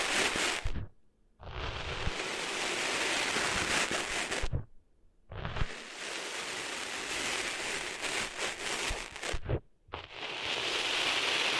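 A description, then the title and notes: Scratchy, rushing rubbing of sand being cleaned out of an ear, in long dense bursts separated by three brief silences near 1, 4.5 and 9.7 seconds. ASMR Cleaning Sand Out of Your Ears (No Talking).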